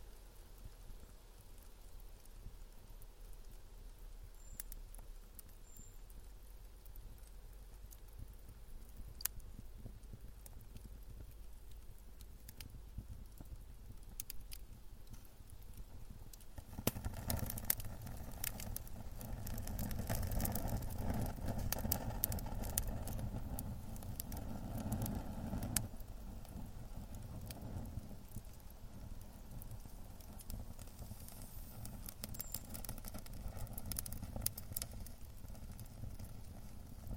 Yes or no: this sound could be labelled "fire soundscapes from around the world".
yes